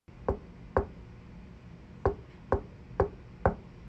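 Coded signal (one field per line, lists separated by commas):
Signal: tap code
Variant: Vietnam POW tap code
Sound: two wooden knocks, a short pause, then four more knocks at a steady pace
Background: quiet room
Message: I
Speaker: High I uh second row fourth column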